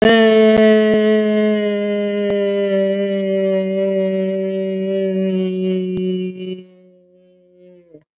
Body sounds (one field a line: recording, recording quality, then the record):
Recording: sustained vowel as in made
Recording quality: excellent, no background noise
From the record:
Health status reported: COVID-19 positive, mild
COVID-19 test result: positive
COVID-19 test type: RT-PCR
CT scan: not taken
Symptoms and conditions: cough, fever, fatigue, muscle pain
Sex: female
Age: 55 years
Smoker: no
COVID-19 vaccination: both doses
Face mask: not worn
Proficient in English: yes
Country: India